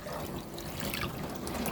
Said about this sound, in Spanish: Ahora lo que estamos haciendo es poniendo en la botella de agua, digamos, ¿no? La botella vacía de agua. Para que se vaya armando el asunto.